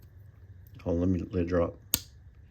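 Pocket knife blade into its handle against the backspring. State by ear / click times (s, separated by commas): seated / 1.9 s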